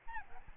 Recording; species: mosquito wingbeat signal from an infrared sensor; Aedes albopictus